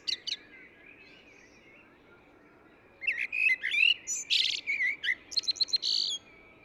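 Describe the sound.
Eurasian blackbird song: after a quiet stretch, a mellow warbled phrase rises into shrill, chattering high notes and a quick series of thin squeaks.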